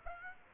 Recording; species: mosquito wingbeat signal from an infrared sensor; Aedes aegypti